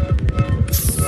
The sound of a fetus in utero through a very specialized synthesizer.